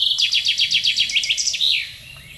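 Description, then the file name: Common chaffinch song, a brisk run of descending chipping notes closing with a slurred flourish, over low background noise. "Fringilla coelebs"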